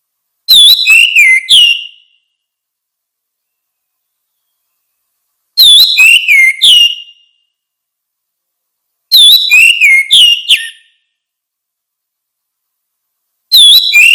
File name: suara kicau burung anis merah